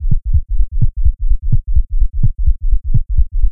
Heart Beat Sound.